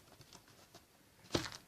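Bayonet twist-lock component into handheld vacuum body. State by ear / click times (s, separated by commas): seated / 1.4 s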